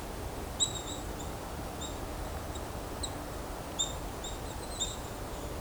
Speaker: I'm hearing golden crown kinglet too.